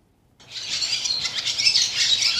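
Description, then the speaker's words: Swallow twittering: a dense, continuous stream of high chattering notes that begins abruptly and runs for about two seconds. Played back as a recording. "제비 소리입니다. 제비. 네, 강남 갔던 제비."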